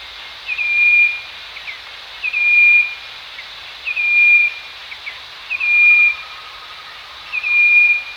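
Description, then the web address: Striped wren-babbler: a flat, pure whistle with short lead-in notes, given five times at steady intervals of about 1.7 seconds, background hissing. Danum, 1 March 2008. "DANUM 20080301. striped wren-babbler"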